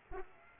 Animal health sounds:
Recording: mosquito wingbeat signal from an infrared sensor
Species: Aedes aegypti

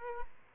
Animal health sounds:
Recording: mosquito wingbeat signal from an infrared sensor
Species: Aedes albopictus

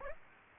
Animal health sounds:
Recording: mosquito wingbeat signal from an infrared sensor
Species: Aedes aegypti

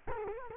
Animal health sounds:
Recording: mosquito wingbeat signal from an infrared sensor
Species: Culex quinquefasciatus

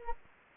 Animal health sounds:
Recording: mosquito wingbeat signal from an infrared sensor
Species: Anopheles gambiae

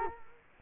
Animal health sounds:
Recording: mosquito wingbeat signal from an infrared sensor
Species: Culex quinquefasciatus

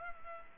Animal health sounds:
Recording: mosquito wingbeat signal from an infrared sensor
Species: Culex pipiens

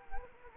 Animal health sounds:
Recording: mosquito wingbeat signal from an infrared sensor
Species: Anopheles gambiae

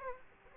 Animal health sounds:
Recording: mosquito wingbeat signal from an infrared sensor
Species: Aedes aegypti

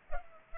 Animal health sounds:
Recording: mosquito wingbeat signal from an infrared sensor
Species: Culex pipiens

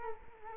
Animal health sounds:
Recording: mosquito wingbeat signal from an infrared sensor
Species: Culex quinquefasciatus

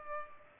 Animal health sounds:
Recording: mosquito wingbeat signal from an infrared sensor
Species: Culex pipiens

